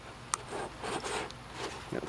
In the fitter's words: and then it's just the tab into the slot and click